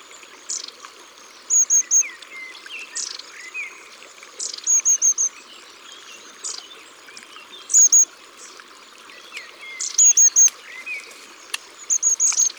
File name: Mesange a longue queue